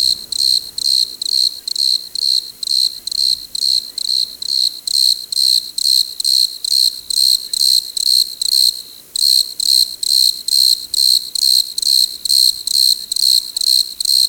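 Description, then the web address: Desert crickets calling in chorus, rapid high trill bursts about twice a second, a brief pause near nine seconds, then the steady pulsing resumes. "Dr Sound Effects. Chorus of Desert Crickets"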